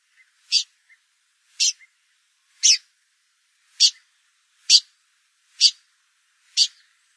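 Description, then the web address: Blyth's pipit giving clipped, high, rasping calls, seven in a row roughly every second, with tiny soft ticks beside a few of them. "blyth s pipit bird call"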